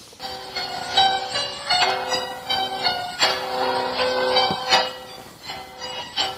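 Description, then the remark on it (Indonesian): Sundanese gamelan music plays on its own, with ringing metallic tones struck at a steady pace, their bright shimmering notes overlapping and sustaining, and a few stronger accented strikes standing out. “Ini mohon maaf ada suara gemelannya menunjukkan bahwa memang ini adalah terkait dengan masalah Sunda.”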